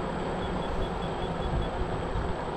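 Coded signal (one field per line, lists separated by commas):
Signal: none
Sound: self-balancing scooter's beeps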